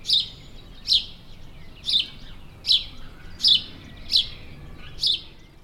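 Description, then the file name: House sparrow giving sharp, emphatic chirps roughly every second, a loose repeated series over quiet background hiss. "Passer domesticus"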